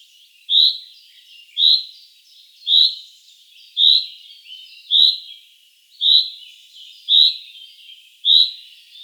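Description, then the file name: Common chaffinch repeating a sharp, bright call note eight times at a very regular rhythm, just over a second apart. "Fringilla coelebs"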